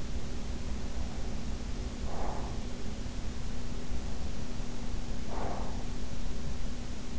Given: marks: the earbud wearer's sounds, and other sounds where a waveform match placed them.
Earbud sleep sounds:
sounds in sleep by an in-ear microphone; breath
0.99-2.95 s: breath
5.15-5.95 s: breath

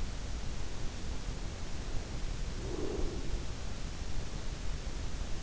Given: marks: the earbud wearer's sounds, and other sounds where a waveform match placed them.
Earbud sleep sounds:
sounds in sleep by an in-ear microphone; breath
2.63-3.47 s: breath

